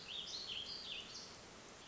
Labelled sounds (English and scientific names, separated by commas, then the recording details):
Warbling Vireo (Vireo gilvus)
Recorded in Sonoma County, California